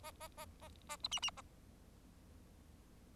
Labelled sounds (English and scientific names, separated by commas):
Bengalese Finch (Lonchura striata domestica) song